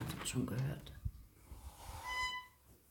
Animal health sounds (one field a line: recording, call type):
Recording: domestic cat vocalisation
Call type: hiss